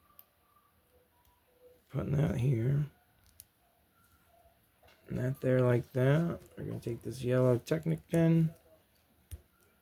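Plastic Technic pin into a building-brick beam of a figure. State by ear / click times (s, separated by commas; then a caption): not seated / none. A yellow plastic Technic pin is handled for pushing into a building-brick beam of a figure. Someone talks between soft handling ticks and sharp taps. The clip ends before the pin goes home, so nothing has clicked or seated yet.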